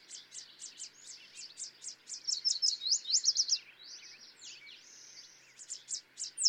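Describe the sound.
Yellow warbler song: a series of high, evenly spaced notes building to a louder, brighter flourish.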